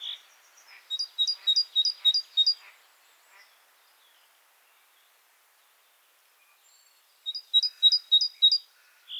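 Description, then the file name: Great tit song, a run of six bright two-note phrases repeated rapidly, then a pause before another series; faint buzzy notes sound underneath the first run. "Parus major"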